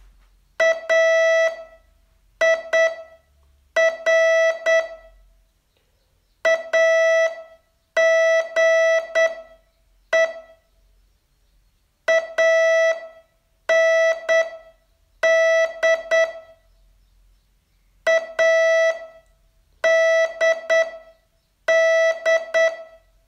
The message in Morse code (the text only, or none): AIR AGE AND ADD